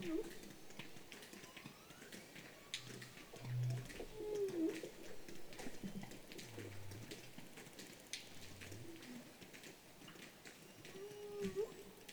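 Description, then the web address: Whale tonal calls: several short curving moans, some rising then falling, spaced irregularly, with low muffled pulses and frequent sharp clicks over steady underwater noise. "baleines"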